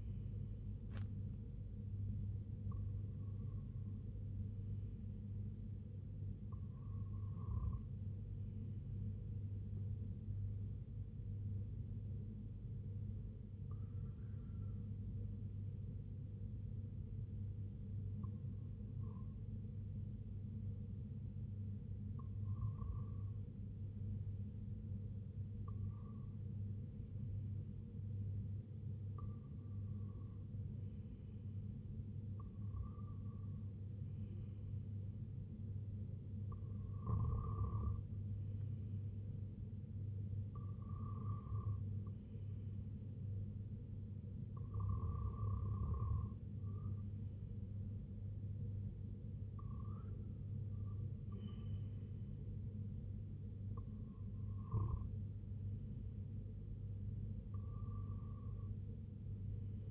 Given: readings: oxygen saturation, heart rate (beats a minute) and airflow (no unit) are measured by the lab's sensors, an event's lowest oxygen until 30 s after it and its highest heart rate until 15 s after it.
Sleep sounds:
breathing in sleep by a smartphone at the bedside; none
none scored
From the record:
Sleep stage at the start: REM sleep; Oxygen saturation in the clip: 94 to 96%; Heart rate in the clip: 73 to 83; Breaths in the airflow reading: 14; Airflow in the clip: -5.8 to 3.2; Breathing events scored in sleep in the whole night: 258 in 7.4 hours asleep

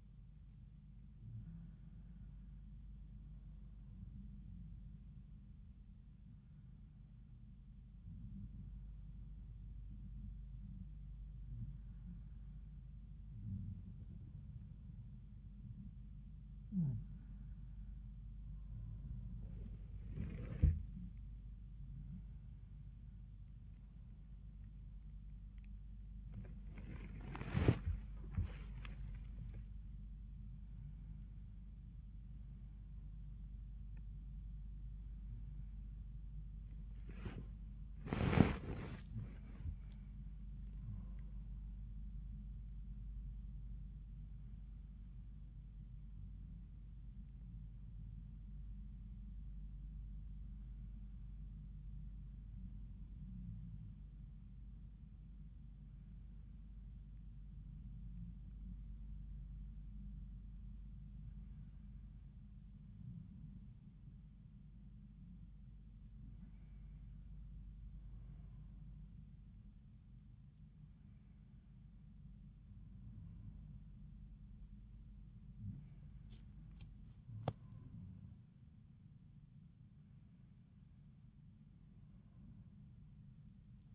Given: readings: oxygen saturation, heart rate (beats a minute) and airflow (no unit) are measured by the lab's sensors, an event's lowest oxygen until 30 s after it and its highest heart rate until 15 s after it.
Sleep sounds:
a person awake in a sleep study, by a smartphone at the bedside; none
0.00-83.95 s: awake
From the record:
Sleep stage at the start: awake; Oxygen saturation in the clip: 94 to 95%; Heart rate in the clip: 85 to 94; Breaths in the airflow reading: 17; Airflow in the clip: -12.3 to 12.2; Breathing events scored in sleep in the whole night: 400 in 8.7 hours asleep

